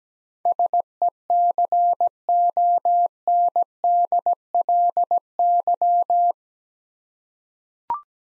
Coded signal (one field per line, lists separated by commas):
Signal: Morse code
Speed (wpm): 17 wpm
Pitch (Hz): 700 Hz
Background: none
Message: SECONDLY